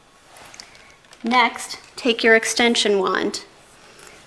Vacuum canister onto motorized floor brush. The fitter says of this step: with the back of the motorized floor brush and push down until you hear it click into place